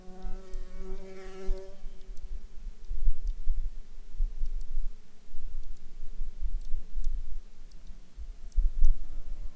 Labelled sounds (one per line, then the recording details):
bird
insects
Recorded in Ivvavik National Park, Yukon, on 29 June 2019 at 19:36
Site SINP09